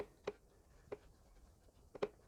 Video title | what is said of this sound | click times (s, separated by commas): Toyota Landcruiser – Spark Plugs & Ignition Leads Replacement (FZJ70/FZJ80/FZJ105) | and you should hear a little click once it's in place and then you're ready to just pop this down into the hole and | 2.0 s